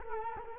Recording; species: mosquito wingbeat signal from an infrared sensor; Culex quinquefasciatus